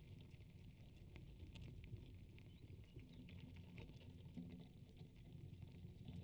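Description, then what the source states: Ants chewing, busy irregular crackling and popping clicks spread evenly throughout above a soft low drone. Ants feeding on a strawberry in Italy, recorded by Jez Riley French.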